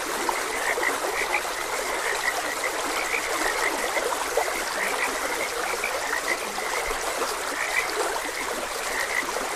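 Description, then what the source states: Repeated brief frog croaks from several callers, blended with steady flowing water. Frogs croaking beside a gentle stream; a nature ambience recording.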